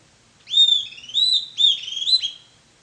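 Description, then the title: Bird song: several high whistled, slurred phrases in quick succession, in a quiet background. "LuckyPassaro Completos2Sama"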